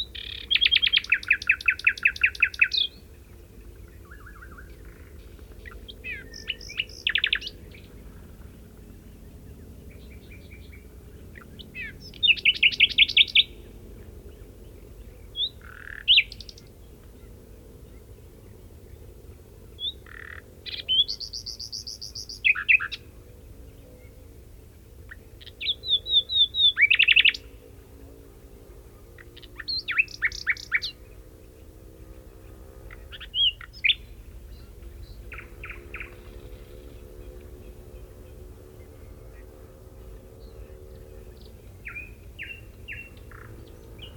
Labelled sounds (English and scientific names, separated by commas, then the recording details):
Common Nightingale (Luscinia megarhynchos) song
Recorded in the wild
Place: Retgendorf, Mecklenburg-Vorpommern, DE
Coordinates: 53.729, 11.504
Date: 1972-06-13
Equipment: Nagra III BH, Sennheiser MD 21, parabola
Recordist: Schubert, Michael